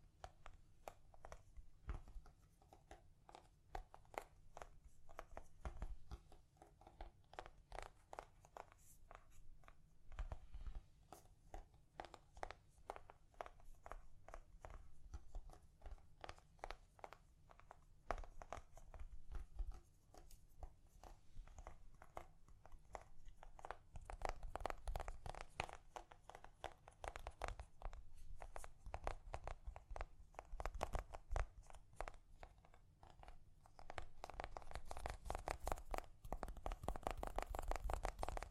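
Gentle tapping continues throughout as a dense run of quick, irregular taps, some light and crisp, others duller with a soft low thump. Crinkling and scratching textures mix in. The activity grows busier and louder after about 24 seconds and again near the end.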